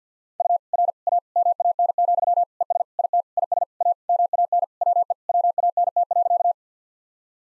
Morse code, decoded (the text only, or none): U R A MAN, ES IT IS A MAN WE WANT.